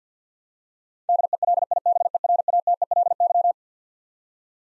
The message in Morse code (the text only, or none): DELIBERATELY